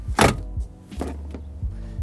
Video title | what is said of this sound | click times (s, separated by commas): Specs and Features Of The 2024 Chevy Equinox RS | you push the seat until you hear two two latches | 0.2 s, 1.0 s